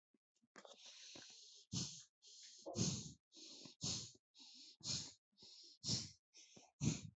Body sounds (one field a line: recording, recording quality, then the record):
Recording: shallow breathing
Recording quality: excellent, no background noise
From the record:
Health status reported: COVID-19 positive, mild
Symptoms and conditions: cough, cold, sore throat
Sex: male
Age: 22 years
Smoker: not ticked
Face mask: not worn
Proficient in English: yes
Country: India